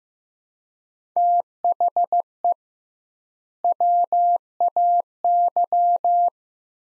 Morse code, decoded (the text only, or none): THE WAY